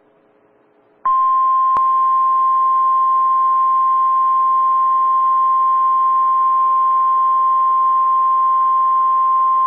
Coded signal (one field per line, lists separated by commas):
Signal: Emergency Alert System (SAME) tones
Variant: 1050 Hz attention tone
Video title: SVR EAS 261